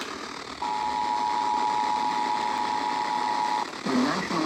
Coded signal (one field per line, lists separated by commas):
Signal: Emergency Alert System (SAME) tones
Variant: 853 and 960 Hz attention tone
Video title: EAS Alerts From 5/2/25: A Compilation (EAS 585-599)